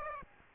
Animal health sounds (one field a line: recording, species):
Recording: mosquito wingbeat signal from an infrared sensor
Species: Aedes aegypti